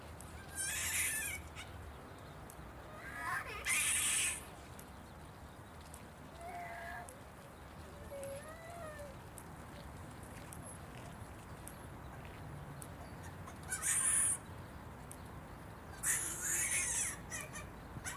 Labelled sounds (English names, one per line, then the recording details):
Gelada
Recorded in captivity
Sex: group
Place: Tiergarten Wilhelma/Stuttgart, Baden-Württemberg, DE
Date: 2005-03-14 16:30
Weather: heiter, 5-8°C
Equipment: Sony WM-D6C, Sony ECM-MS 907, Kopie Uher 4000 Report Monitor
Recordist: Tembrock, Günter